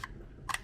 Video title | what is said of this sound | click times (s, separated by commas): DJI MINI 2 DRONE I UNBOXING AND FLYING THE DRONE | hear it click and then you're going to push this down and push it down until it clicks | 0.5 s